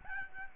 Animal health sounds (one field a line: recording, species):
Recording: mosquito wingbeat signal from an infrared sensor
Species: Aedes albopictus